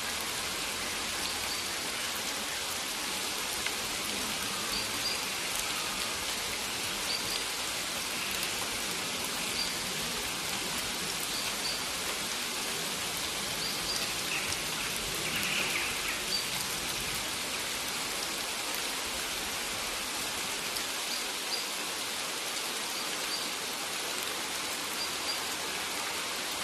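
Steady jungle rain falls throughout, a dense, even hiss of countless drops with a bright, airy top and little low rumble. The level barely changes over the whole stretch, with faint scattered patters on surfaces and no distinct calls standing out.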